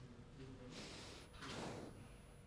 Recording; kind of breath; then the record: one breath in and out by a microphone near the nose and mouth; normal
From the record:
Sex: male